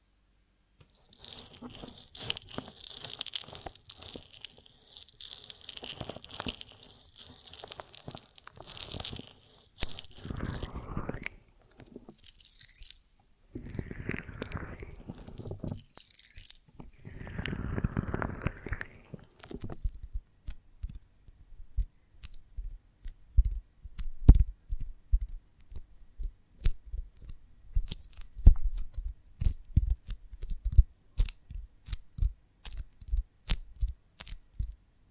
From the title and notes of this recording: ASMR of a Honeycomb on Branch (No Talking).